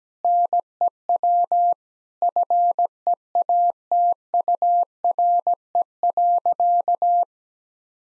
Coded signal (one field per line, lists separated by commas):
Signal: Morse code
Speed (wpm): 17 wpm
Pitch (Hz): 700 Hz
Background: none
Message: NEW FEATURE.